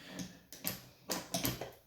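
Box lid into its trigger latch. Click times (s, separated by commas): 0.7 s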